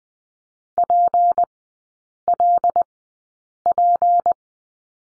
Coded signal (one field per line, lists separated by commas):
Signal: Morse code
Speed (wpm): 20 wpm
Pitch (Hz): 700 Hz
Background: none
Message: PLP